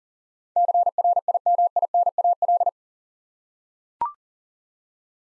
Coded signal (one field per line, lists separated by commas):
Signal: Morse code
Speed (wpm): 40 wpm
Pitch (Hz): 700 Hz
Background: none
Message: CRIMINAL